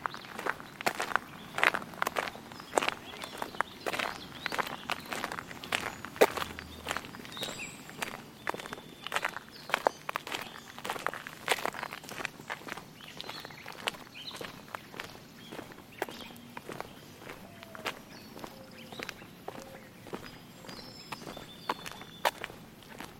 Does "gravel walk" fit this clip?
yes